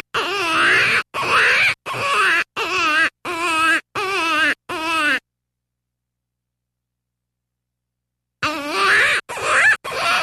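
Jackrabbit calls: harmonic, wavering wails in bursts under a second long, a rapid series of seven, then a pause of a few seconds before three more cries.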